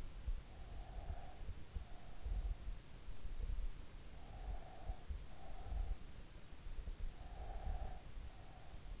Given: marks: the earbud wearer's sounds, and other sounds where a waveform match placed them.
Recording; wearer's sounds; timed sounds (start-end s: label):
sounds in sleep by an in-ear microphone; breath
0.50-2.43 s: breath
4.30-6.23 s: breath
7.39-9.00 s: breath